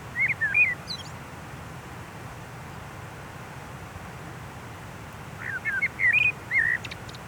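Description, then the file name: Common blackbird giving two brief bursts of quick, clipped whistled notes, one at the start and one near the end, with a long quiet stretch of low rumbling noise between. "Turdus merula"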